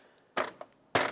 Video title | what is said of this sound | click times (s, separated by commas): How to Replace Coolant Reservoir 2014-2021 Mazda 6 | and once it gets uh seated in here it's going to have to click into place to lock in so tap it | 0.4 s, 1.0 s